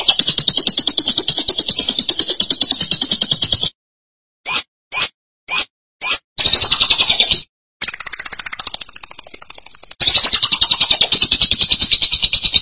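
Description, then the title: Lovebird chattering song, a fast run of high, buzzy pulsed notes, broken by short silent gaps and a few brief clipped chirps. "BM Suara Burung Lovebird"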